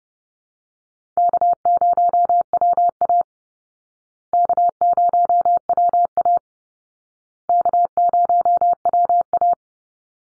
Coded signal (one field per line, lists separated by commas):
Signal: Morse code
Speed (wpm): 30 wpm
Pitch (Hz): 700 Hz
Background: none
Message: K0WA K0WA K0WA